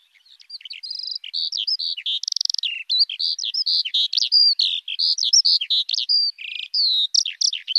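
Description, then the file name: Eurasian skylark singing a fast, continuous warble of buzzy trills and sharp twittering notes that rise and fall, building in loudness at the start. "alouette des champs"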